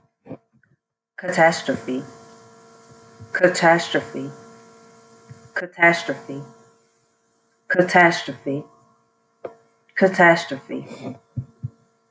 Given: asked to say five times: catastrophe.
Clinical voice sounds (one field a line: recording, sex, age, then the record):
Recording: repeated word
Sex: female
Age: 40 to 49 years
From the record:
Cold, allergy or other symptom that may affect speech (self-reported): no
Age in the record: 43 years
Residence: Virginia, United States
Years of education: 14